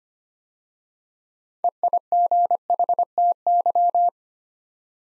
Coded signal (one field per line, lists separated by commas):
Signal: Morse code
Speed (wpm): 25 wpm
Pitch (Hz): 700 Hz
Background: none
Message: EIGHTY